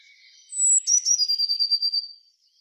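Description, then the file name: Eurasian blue tit gives a piercing high note and then a rapid stuttering trill that drops slightly in pitch; faint high notes sound softly beforehand. "Cyanistes caeruleus"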